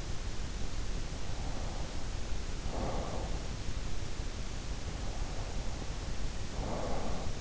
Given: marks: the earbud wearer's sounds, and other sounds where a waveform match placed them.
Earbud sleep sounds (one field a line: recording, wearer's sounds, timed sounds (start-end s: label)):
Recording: sounds in sleep by an in-ear microphone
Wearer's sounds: breath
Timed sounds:
1.40-3.45 s: breath
4.89-7.41 s: breath